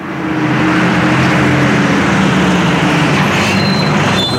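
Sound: bus engine running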